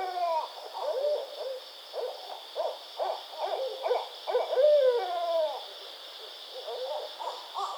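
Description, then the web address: Barred owl calls, rapid uneven hoots and wavering cackling notes throughout, with a sliding drawn-out note near five seconds; high steady hiss in the background. Recorded 24 May 2009. "Barred Owl 2009 05 24"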